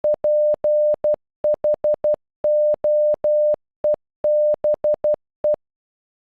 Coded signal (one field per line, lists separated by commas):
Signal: Morse code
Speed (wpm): 12 wpm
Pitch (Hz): 600 Hz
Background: none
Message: PHOEBE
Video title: Phoebe in Morse code